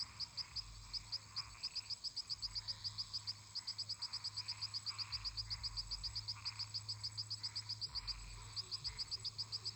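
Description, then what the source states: Frogs and toads: chorus of frogs, with sharp high clicks repeated several times a second over a buzzing background chorus and a low steady hum. Many toads and frogs calling in a marsh.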